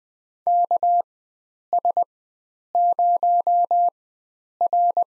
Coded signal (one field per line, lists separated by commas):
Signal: Morse code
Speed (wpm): 21 wpm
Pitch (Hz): 700 Hz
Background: none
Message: KS0R